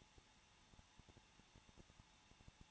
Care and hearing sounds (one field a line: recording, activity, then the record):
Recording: daily activity, microphone in the room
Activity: no activity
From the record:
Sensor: 1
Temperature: 20.0 degrees Celsius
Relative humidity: 39.4%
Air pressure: 1006.4 hPa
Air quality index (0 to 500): 219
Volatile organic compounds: 83 ppm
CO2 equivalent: 3629 ppm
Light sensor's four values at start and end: 1/2/1/1 and 1/2/1/1